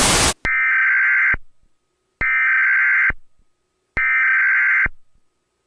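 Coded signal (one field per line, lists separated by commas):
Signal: Emergency Alert System (SAME) tones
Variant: header bursts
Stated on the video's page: Monthly test of a fictional or private alert system, the first of four that day.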